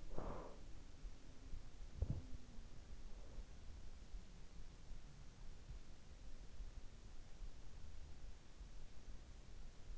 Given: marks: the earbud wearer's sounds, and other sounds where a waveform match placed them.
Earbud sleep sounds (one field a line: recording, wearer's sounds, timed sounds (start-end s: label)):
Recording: sounds in sleep by an in-ear microphone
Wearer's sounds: body movement, breath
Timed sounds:
0.00-2.54 s: body movement
3.08-3.63 s: breath